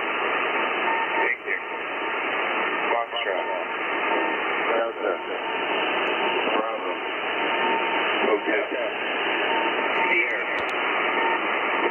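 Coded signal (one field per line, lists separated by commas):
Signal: coded military voice message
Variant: USAF EAM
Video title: USAF Global EAM- Emergency Action Message. 8992 KHZ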